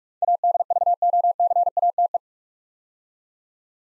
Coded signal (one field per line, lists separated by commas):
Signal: Morse code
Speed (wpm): 44 wpm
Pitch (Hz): 700 Hz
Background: none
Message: ADVOCATE